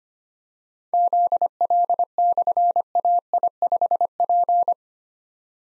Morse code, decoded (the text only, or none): ZL/AI5P